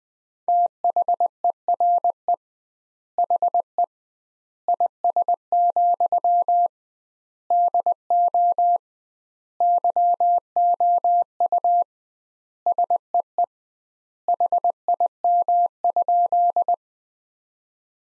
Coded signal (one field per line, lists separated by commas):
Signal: Morse code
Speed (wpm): 20 wpm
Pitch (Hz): 700 Hz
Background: none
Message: THERE HE IS, DO YOU SEE HIM?